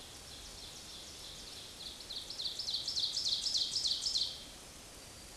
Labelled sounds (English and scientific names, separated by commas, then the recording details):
Ovenbird (Seiurus aurocapilla) song
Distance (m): 30 m
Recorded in a Pennsylvania forest on 18 May 2023 at 05:57
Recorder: AudioMoth, point grid1_1_low
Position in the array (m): 160 m, 16 m